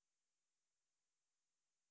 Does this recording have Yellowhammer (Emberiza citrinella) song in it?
no